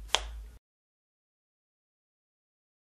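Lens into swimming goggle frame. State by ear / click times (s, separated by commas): seated / 0.2 s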